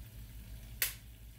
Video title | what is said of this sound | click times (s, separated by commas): Traditional good old time fried Chicken , drenched in Texas Pete!! | you heard that click that link like this | 0.8 s